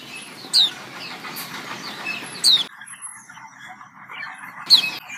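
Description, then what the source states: White-eye calls: three thin, downslurred high notes spread throughout, with changing background noise. Female.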